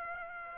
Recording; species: mosquito wingbeat signal from an infrared sensor; Aedes aegypti